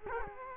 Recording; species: mosquito wingbeat signal from an infrared sensor; Culex quinquefasciatus